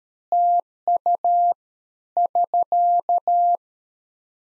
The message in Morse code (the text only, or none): TU <SK>